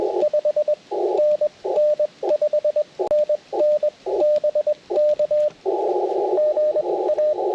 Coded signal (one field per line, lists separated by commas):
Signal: Morse code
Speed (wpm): 21 wpm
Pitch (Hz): 600 Hz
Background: radio noise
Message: 5NN 5NN BK GA